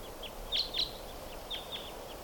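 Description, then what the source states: Red Crossbill (type 2) calls: several short, bright, down-slurred notes in brief succession. Some type 2 birds coming back; many crossbills around; in a gully.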